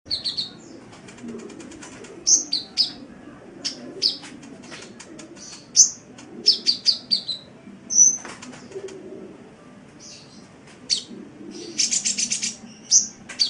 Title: Kicau Kacer